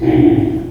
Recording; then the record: squeal of a Yucatan mini pig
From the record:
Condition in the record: before surgery on the right vocal fold (resection and tissue-engineered implant); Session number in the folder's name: 2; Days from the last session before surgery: -15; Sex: female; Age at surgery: 19 weeks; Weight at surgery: 25 kg